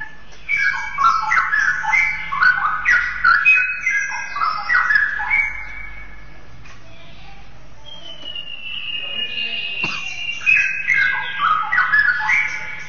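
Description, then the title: Oriental magpie-robin song, rapid varied whistled phrases, a pause, one long thin whistle, then more quick warbled phrases. "Kicau Kacer"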